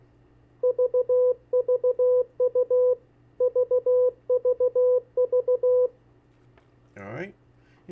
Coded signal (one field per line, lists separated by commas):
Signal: Morse code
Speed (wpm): 17 wpm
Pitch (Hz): 500 Hz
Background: speech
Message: VVU VVV